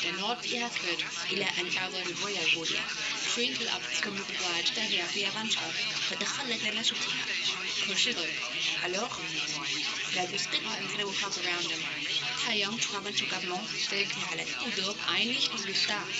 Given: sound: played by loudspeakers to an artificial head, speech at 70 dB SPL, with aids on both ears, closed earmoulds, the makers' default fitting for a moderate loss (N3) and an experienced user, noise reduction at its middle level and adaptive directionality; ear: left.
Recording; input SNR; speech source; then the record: speech test signal (ISTS) in cocktail-party noise; +3 dB; in front (0 degrees)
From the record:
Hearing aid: class 1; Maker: A